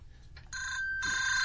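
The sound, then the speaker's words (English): A shrill electronic phone ringtone, set as an alarm, sounds in two bursts, a steady high-pitched warbling tone with bright harmonics, loud and with no talking. “So instead of having an alarm, because they have all these different sounds on there that are like alarm sounding, like an alarm clock or whatever, but it gives you the option of using a ringtone.”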